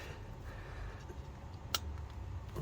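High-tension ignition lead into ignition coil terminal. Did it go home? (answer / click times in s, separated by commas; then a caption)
yes / 1.8 s. A high-tension ignition lead is pushed onto its terminal on the new coil of a Cortina P100 motorcycle fitted with Petronix electronic ignition. A single sharp click is heard at 1.7 s over low background rumble, and the lead is seated.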